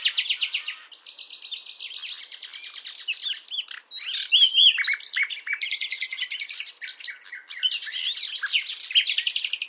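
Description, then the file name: Common nightingale song packed with fast pulsing trills and rattling note runs, broken by brief whistled and buzzy phrases. "Luscinia megarhynchos"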